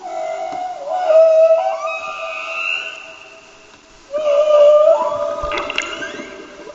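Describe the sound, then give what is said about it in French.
Humpback whale song: long, sliding moans and tonal calls that rise and fall in pitch, fairly loud, in two main phrases separated by a brief quieter dip, with a watery underwater hiss. “Donc, vous venez d'entendre un magnifique chant de baleine, et plus précisément de baleine à bosse, spécialiste dans ce domaine.”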